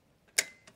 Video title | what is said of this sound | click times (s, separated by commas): 🔴Unboxing & Review zum Touroll J1 ST - Trekking E-Bike | Eingerastet, fertig, und | 0.4 s